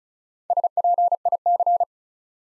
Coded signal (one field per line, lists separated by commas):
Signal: Morse code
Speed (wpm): 36 wpm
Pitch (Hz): 700 Hz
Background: none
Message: SPIC